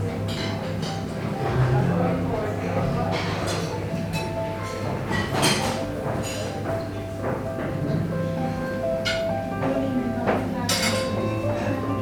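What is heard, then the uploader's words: Busy dining sounds at a castle: a steady murmur of overlapping voices from start to end. Bright clinks of glasses, plates and cutlery ring out every second or two, with sharper clatters near the middle and toward the end. Immersive Binaural 3D Audio: Sounds of Castel Fragsburg - Meran, Italien.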